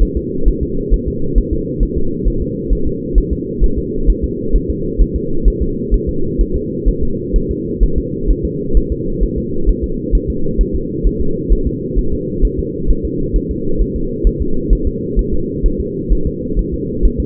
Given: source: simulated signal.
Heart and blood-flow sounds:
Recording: fetal heart sounds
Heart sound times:
0.03 s: S1
0.17 s: S2
0.48 s: S1
0.63 s: S2
0.94 s: S1
1.08 s: S2
1.38 s: S1
1.53 s: S2
1.83 s: S1
1.98 s: S2
2.28 s: S1
2.42 s: S2
2.73 s: S1
2.87 s: S2
3.18 s: S1
3.33 s: S2
3.64 s: S1
3.78 s: S2
4.10 s: S1
4.24 s: S2
4.56 s: S1
4.70 s: S2
5.02 s: S1
5.16 s: S2
5.48 s: S1
5.62 s: S2
5.94 s: S1
6.09 s: S2
6.41 s: S1
6.56 s: S2
6.88 s: S1
7.03 s: S2
7.36 s: S1
7.51 s: S2
7.84 s: S1
7.98 s: S2
8.31 s: S1
8.45 s: S2
8.77 s: S1
8.92 s: S2
9.24 s: S1
9.38 s: S2
9.69 s: S1
9.84 s: S2
10.15 s: S1
10.30 s: S2
10.61 s: S1
10.75 s: S2
11.07 s: S1
11.21 s: S2
11.53 s: S1
11.67 s: S2
11.99 s: S1
12.13 s: S2
12.45 s: S1
12.59 s: S2
12.91 s: S1
13.05 s: S2
13.36 s: S1
13.51 s: S2
13.81 s: S1
13.96 s: S2
14.27 s: S1
14.42 s: S2
14.73 s: S1
14.87 s: S2
15.19 s: S1
15.34 s: S2
15.66 s: S1
15.80 s: S2
16.12 s: S1
16.27 s: S2
16.59 s: S1
16.74 s: S2
17.05 s: S1
17.20 s: S2
From the record:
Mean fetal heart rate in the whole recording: 130 bpm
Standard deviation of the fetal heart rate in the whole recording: 2 bpm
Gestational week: 36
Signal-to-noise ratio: -8.1 dB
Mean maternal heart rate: 72 bpm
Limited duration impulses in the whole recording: absent

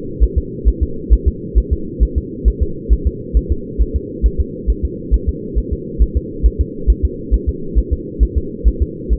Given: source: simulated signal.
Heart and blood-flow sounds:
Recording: fetal heart sounds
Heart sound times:
0.23 s: S1
0.38 s: S2
0.68 s: S1
0.83 s: S2
1.13 s: S1
1.28 s: S2
1.58 s: S1
1.73 s: S2
2.03 s: S1
2.18 s: S2
2.48 s: S1
2.63 s: S2
2.93 s: S1
3.07 s: S2
3.37 s: S1
3.52 s: S2
3.81 s: S1
3.96 s: S2
4.26 s: S1
4.41 s: S2
4.70 s: S1
4.85 s: S2
5.14 s: S1
5.29 s: S2
5.58 s: S1
5.73 s: S2
6.02 s: S1
6.17 s: S2
6.46 s: S1
6.61 s: S2
6.90 s: S1
7.05 s: S2
7.34 s: S1
7.49 s: S2
7.78 s: S1
7.93 s: S2
8.23 s: S1
8.38 s: S2
8.68 s: S1
8.82 s: S2
9.13 s: S1
From the record:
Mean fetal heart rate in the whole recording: 135 bpm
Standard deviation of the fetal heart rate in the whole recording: 3 bpm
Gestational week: 34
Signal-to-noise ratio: -4.3 dB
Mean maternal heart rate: 72 bpm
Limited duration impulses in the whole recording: absent

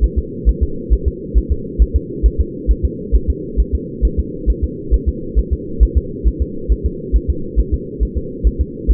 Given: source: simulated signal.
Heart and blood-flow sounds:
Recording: fetal heart sounds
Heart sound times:
0.04 s: S1
0.19 s: S2
0.49 s: S1
0.63 s: S2
0.93 s: S1
1.08 s: S2
1.38 s: S1
1.52 s: S2
1.82 s: S1
1.96 s: S2
2.26 s: S1
2.41 s: S2
2.71 s: S1
2.85 s: S2
3.16 s: S1
3.30 s: S2
3.60 s: S1
3.75 s: S2
4.05 s: S1
4.19 s: S2
4.50 s: S1
4.64 s: S2
4.94 s: S1
5.09 s: S2
5.39 s: S1
5.53 s: S2
5.83 s: S1
5.98 s: S2
6.27 s: S1
6.42 s: S2
6.72 s: S1
6.86 s: S2
7.16 s: S1
7.30 s: S2
7.60 s: S1
7.74 s: S2
8.03 s: S1
8.18 s: S2
8.47 s: S1
8.61 s: S2
8.91 s: S1
From the record:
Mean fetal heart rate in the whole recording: 135 bpm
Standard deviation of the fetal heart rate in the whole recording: 3 bpm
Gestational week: 34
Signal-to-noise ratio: -4.3 dB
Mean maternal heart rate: 72 bpm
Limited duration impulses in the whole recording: absent

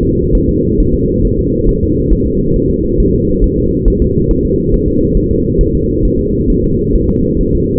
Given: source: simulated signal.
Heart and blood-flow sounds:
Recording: fetal heart sounds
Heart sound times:
0.03 s: S2
0.35 s: S1
0.49 s: S2
0.80 s: S1
0.94 s: S2
1.25 s: S1
1.39 s: S2
1.69 s: S1
1.83 s: S2
2.12 s: S1
2.26 s: S2
2.56 s: S1
2.70 s: S2
3.00 s: S1
3.14 s: S2
3.44 s: S1
3.58 s: S2
3.88 s: S1
4.02 s: S2
4.31 s: S1
4.45 s: S2
4.74 s: S1
4.88 s: S2
5.17 s: S1
5.31 s: S2
5.61 s: S1
5.75 s: S2
6.05 s: S1
6.19 s: S2
6.50 s: S1
6.64 s: S2
6.95 s: S1
7.09 s: S2
7.41 s: S1
7.55 s: S2
From the record:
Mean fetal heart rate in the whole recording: 135 bpm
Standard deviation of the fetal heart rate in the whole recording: 3 bpm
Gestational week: 36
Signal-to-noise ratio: -14.7 dB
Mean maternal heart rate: 72 bpm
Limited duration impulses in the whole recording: present

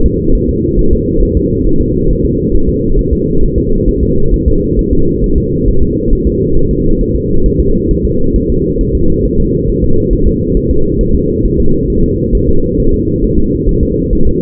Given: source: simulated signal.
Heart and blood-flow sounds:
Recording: fetal heart sounds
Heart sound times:
0.06 s: S2
0.35 s: S1
0.49 s: S2
0.79 s: S1
0.93 s: S2
1.23 s: S1
1.37 s: S2
1.66 s: S1
1.81 s: S2
2.10 s: S1
2.25 s: S2
2.55 s: S1
2.69 s: S2
2.99 s: S1
3.13 s: S2
3.44 s: S1
3.58 s: S2
3.89 s: S1
4.03 s: S2
4.34 s: S1
4.48 s: S2
4.79 s: S1
4.93 s: S2
5.24 s: S1
5.38 s: S2
5.68 s: S1
5.83 s: S2
6.13 s: S1
6.27 s: S2
6.57 s: S1
6.71 s: S2
7.01 s: S1
7.16 s: S2
7.46 s: S1
7.60 s: S2
7.91 s: S1
8.05 s: S2
8.36 s: S1
8.50 s: S2
8.81 s: S1
8.95 s: S2
9.26 s: S1
9.40 s: S2
9.70 s: S1
9.84 s: S2
10.13 s: S1
10.27 s: S2
10.57 s: S1
10.71 s: S2
11.01 s: S1
11.15 s: S2
11.46 s: S1
11.60 s: S2
11.90 s: S1
12.04 s: S2
12.35 s: S1
12.49 s: S2
12.80 s: S1
12.94 s: S2
13.24 s: S1
13.39 s: S2
13.69 s: S1
13.83 s: S2
14.13 s: S1
14.27 s: S2
From the record:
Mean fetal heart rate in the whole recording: 135 bpm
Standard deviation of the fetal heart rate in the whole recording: 3 bpm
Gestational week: 36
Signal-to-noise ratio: -17.7 dB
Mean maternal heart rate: 72 bpm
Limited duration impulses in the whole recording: present

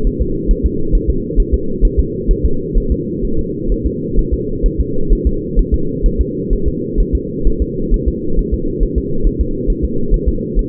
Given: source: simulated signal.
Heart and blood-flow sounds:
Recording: fetal heart sounds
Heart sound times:
0.07 s: S1
0.22 s: S2
0.51 s: S1
0.66 s: S2
0.95 s: S1
1.10 s: S2
1.40 s: S1
1.54 s: S2
1.85 s: S1
2.00 s: S2
2.31 s: S1
2.46 s: S2
2.78 s: S1
2.92 s: S2
3.25 s: S1
3.39 s: S2
3.72 s: S1
3.86 s: S2
4.19 s: S1
4.34 s: S2
4.66 s: S1
4.80 s: S2
5.13 s: S1
5.27 s: S2
5.59 s: S1
5.74 s: S2
6.06 s: S1
6.21 s: S2
6.53 s: S1
6.68 s: S2
7.00 s: S1
7.15 s: S2
7.47 s: S1
7.62 s: S2
7.94 s: S1
8.08 s: S2
8.39 s: S1
8.54 s: S2
8.83 s: S1
8.98 s: S2
9.27 s: S1
9.41 s: S2
9.70 s: S1
9.85 s: S2
10.14 s: S1
10.29 s: S2
10.59 s: S1
From the record:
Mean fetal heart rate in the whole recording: 130 bpm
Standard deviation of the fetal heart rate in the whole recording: 4 bpm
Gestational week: 38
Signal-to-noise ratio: -8.1 dB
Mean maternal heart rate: 72 bpm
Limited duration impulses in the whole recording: absent

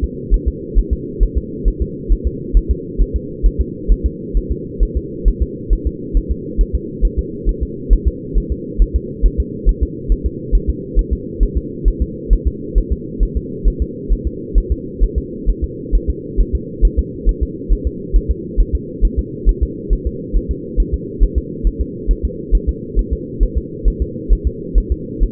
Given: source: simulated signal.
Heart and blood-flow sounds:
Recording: fetal heart sounds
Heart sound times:
0.04 s: S2
0.34 s: S1
0.48 s: S2
0.78 s: S1
0.93 s: S2
1.23 s: S1
1.38 s: S2
1.68 s: S1
1.82 s: S2
2.12 s: S1
2.27 s: S2
2.57 s: S1
2.71 s: S2
3.02 s: S1
3.16 s: S2
3.46 s: S1
3.61 s: S2
3.92 s: S1
4.06 s: S2
4.37 s: S1
4.52 s: S2
4.83 s: S1
4.97 s: S2
5.28 s: S1
5.42 s: S2
5.73 s: S1
5.87 s: S2
6.17 s: S1
6.31 s: S2
6.61 s: S1
6.75 s: S2
7.05 s: S1
7.19 s: S2
7.49 s: S1
7.63 s: S2
7.93 s: S1
8.08 s: S2
8.38 s: S1
8.52 s: S2
8.82 s: S1
8.96 s: S2
9.26 s: S1
9.40 s: S2
9.69 s: S1
9.83 s: S2
10.12 s: S1
10.26 s: S2
10.55 s: S1
10.70 s: S2
10.99 s: S1
11.13 s: S2
11.43 s: S1
11.58 s: S2
11.88 s: S1
12.02 s: S2
12.33 s: S1
12.47 s: S2
12.78 s: S1
12.92 s: S2
13.23 s: S1
13.37 s: S2
13.68 s: S1
13.82 s: S2
14.13 s: S1
14.27 s: S2
14.58 s: S1
14.72 s: S2
15.04 s: S1
15.18 s: S2
15.50 s: S1
15.64 s: S2
15.95 s: S1
16.10 s: S2
16.41 s: S1
16.55 s: S2
16.85 s: S1
16.99 s: S2
17.29 s: S1
17.43 s: S2
17.73 s: S1
17.87 s: S2
18.16 s: S1
18.31 s: S2
18.60 s: S1
18.75 s: S2
19.05 s: S1
19.19 s: S2
19.49 s: S1
19.63 s: S2
19.93 s: S1
20.07 s: S2
20.37 s: S1
20.51 s: S2
20.80 s: S1
20.94 s: S2
21.23 s: S1
21.38 s: S2
21.67 s: S1
21.81 s: S2
22.11 s: S1
22.25 s: S2
22.55 s: S1
22.69 s: S2
22.99 s: S1
23.13 s: S2
23.43 s: S1
23.58 s: S2
23.88 s: S1
24.02 s: S2
24.33 s: S1
24.47 s: S2
24.78 s: S1
24.92 s: S2
25.23 s: S1
From the record:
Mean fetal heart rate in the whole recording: 135 bpm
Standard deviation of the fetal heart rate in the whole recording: 3 bpm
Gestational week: 36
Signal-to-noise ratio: -4.1 dB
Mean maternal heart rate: no maternal heart sound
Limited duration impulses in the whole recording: absent

